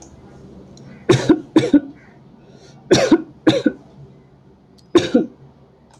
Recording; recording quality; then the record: heavy voluntary cough; excellent, no background noise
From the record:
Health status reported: healthy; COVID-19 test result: not tested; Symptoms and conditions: none ticked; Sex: male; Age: 53 years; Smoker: not ticked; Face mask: not worn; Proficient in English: yes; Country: India